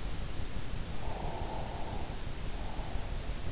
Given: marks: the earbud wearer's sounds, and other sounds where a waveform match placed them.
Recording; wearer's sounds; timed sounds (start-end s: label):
sounds in sleep by an in-ear microphone; breath
1.01-3.05 s: breath